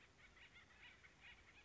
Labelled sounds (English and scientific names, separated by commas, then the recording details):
Acorn Woodpecker (Melanerpes formicivorus)
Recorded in Sonoma County, California